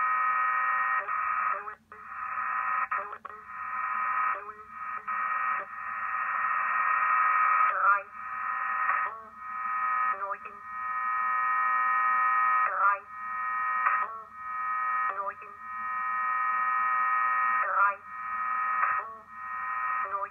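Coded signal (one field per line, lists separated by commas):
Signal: numbers station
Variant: G06, German language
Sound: evenly paced, drawn-out synthetic-sounding spoken words, about eight in twenty seconds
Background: radio static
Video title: Deutscher Zahlensender G06 WebSDR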